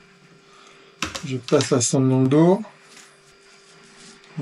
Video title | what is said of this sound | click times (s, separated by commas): Mes 4 accessoires vidéo préférés de chez Telesin | je le mets autour du cou je verrouille je | 1.0 s